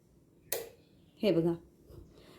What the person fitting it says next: कसा आवाज आला. तर इथं व्यवस्थित ही बॉबिन बसलेली आहे.